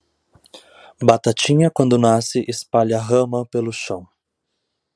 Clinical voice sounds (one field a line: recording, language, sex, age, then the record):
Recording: short text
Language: Brazilian Portuguese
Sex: male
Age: 20 to 29 years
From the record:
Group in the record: control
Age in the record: 24 years